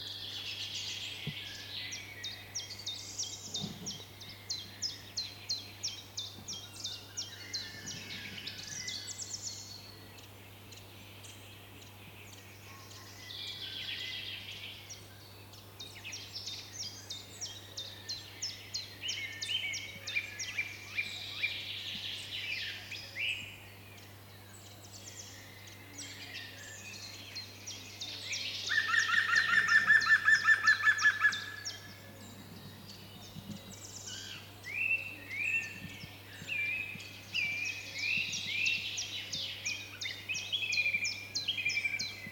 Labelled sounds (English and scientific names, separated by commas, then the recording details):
European Green Woodpecker (Picus viridis)
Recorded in the wild
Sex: male
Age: adult
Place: Teerofenbrücke, Nationalpark Unteres Odertal, Brandenburg, DE
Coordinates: 53.1322, 14.3536
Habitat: wood
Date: 2021-05-17 16:08
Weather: cloudy, no wind, 15°C
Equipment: Sound Devices 702, Sennheiser MKH 415 T, Rhode Windschutz
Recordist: Frommolt, Karl-Heinz